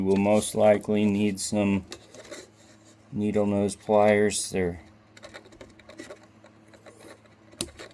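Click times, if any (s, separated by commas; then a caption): 7.6 s. On a 2022 Ford Maverick, LED bed lights are being installed, and a wiring connector is pushed into the truck's harness connector with the help of needle-nose pliers. Someone talks at the start, then faint small handling taps follow. A sharp click at 7.6 s marks the connector seating in place.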